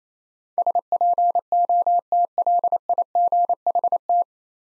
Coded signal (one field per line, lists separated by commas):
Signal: Morse code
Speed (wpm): 28 wpm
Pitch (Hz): 700 Hz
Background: none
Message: SPOTLIGHT